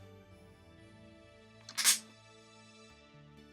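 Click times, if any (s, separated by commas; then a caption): 1.7 s. A replacement plastic head from the MBA-01/MBA-02 upgrade set is pushed onto the neck ball joint of a Fans Hobby MB-06 Power Baser transforming robot figure over steady background music. A sharp snap at 1.7 s is followed by a brief, louder broadband burst, and the head is seated securely.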